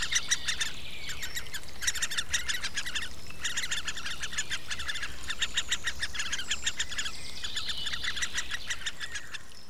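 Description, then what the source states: Great spotted woodpecker young giving bursts of rapid buzzy high chatter, pausing briefly between runs, with faint low background rumble throughout. An adult feeding its nestlings.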